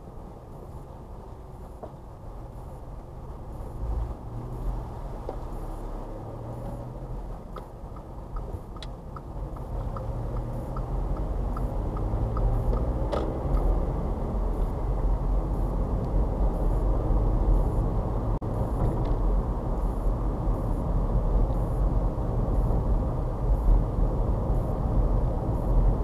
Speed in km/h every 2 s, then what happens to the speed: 11, 10, 10, 19, 15, 15, 26, 34, 37, 39, 40, 40, 42.
4-6 speeds up to 19. 9-17 speeds up to 39. 17-26 steady at about 40.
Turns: 0-5, 8-11.